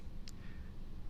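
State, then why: Seated. The bezel locking guard on an Oris Dive Control Limited Edition dive watch case is pushed down to lock the rotating bezel, hiding the yellow indicator line. A short, sharp click sounds at 0.3 s over a low background hum, and the guard seats, locking the bezel in place.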